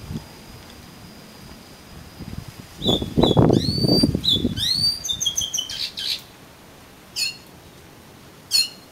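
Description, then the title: Oriental magpie-robin song of rising swept whistles and quick chirps in a busy phrase, with rustling underneath, then two isolated high notes. "Kacer Kacer"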